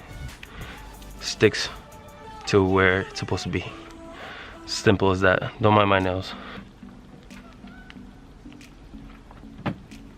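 Someone talks while an MP-style plastic front lip is handled against the front bumper of a 2015+ Subaru WRX STI, with a few brief light taps and rustles between the words. Nothing has seated or clicked into place yet.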